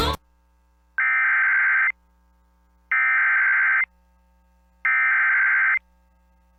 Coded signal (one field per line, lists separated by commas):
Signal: Emergency Alert System (SAME) tones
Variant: header bursts